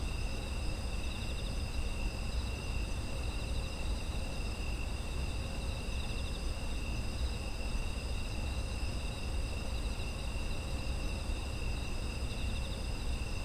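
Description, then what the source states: Steady overlapping insect trills ring at a few high pitches without a break, with a low, constant rumble running under them. Autumn insect ambience.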